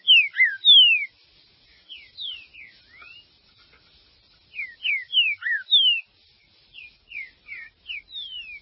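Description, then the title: Green-winged saltator giving two bursts of rich whistled song, each a quick series of descending slurred notes, separated by softer whistles and a short pause. "Trinca Ferro"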